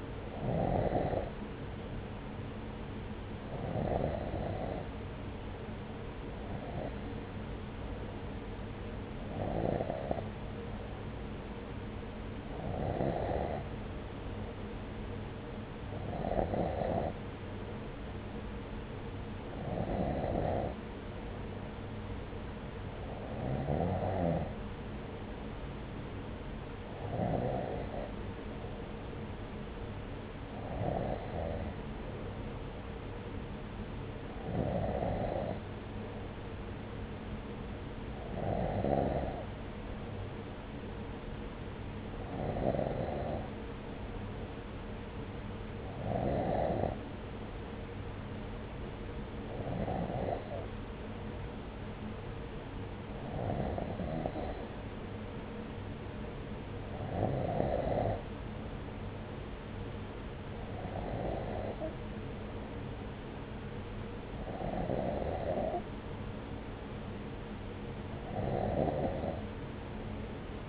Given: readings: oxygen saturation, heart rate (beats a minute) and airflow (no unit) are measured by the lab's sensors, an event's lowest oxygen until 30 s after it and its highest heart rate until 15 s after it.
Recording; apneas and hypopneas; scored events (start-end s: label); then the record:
breathing in sleep by a voice recorder at the bedside; none
none scored
From the record:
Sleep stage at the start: N2 (light sleep); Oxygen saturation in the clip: 93%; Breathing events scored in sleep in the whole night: 303 in 8.1 hours asleep